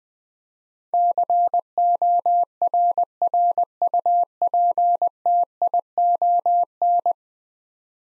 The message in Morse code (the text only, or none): CORRUPTION